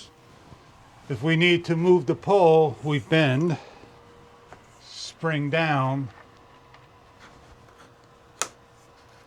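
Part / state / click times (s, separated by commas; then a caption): spring-loaded vertical pole into its fitting / seated / 8.4 s. Someone talks while a spring-loaded vertical pole from a no-drill room divider curtain set is pushed down into its fitting. It locks in with a sharp, loud click at 8.4 s, and the pole is seated.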